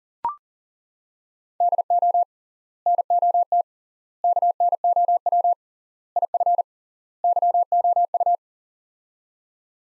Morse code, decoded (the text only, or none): DO NOT KNOW IF YOU